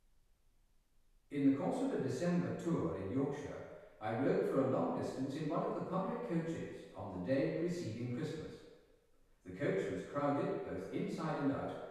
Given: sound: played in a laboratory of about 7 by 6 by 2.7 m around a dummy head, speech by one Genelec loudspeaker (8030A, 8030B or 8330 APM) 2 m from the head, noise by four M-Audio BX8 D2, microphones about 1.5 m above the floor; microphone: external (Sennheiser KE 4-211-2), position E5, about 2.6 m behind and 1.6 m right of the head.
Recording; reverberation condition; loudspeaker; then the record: male speech in English; high; 60 degrees to the right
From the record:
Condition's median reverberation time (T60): about 1300 ms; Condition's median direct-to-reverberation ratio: about -4.0 dB